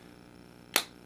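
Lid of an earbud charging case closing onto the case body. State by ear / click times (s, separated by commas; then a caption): seated / 0.8 s. The plastic lid of a wireless earbud charging case is snapped shut onto the case body, giving a single sharp, bright click at 0.8 s over an otherwise quiet background. The lid closes fully, though the snap is not particularly satisfying and the case feels a little cheap.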